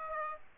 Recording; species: mosquito wingbeat signal from an infrared sensor; Aedes aegypti